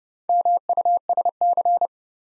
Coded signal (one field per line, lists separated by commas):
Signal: Morse code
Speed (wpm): 30 wpm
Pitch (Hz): 700 Hz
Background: none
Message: MUSC